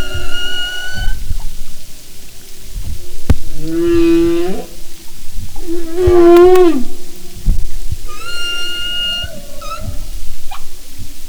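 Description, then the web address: Humpback whale song units: a tonal moan with rich harmonics, then swooping cries that rise at their ends near 4 and 6 seconds, and a high tonal wail toward the end, over low rumbling noise. "Sound and Marine Mammals humpback"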